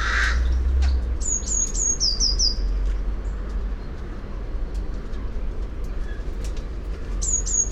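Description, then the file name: Eurasian blue tit giving a run of thin, very high notes that slide downward, several in quick succession, with a second run starting near the end over steady low rumble. "Cyanistes caeruleus"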